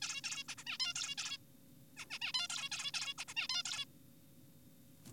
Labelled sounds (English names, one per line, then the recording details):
Zebra Finch
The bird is an adult
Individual g4p5U